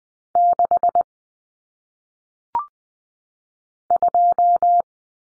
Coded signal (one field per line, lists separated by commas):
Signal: Morse code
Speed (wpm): 20 wpm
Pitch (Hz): 700 Hz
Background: none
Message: 6 2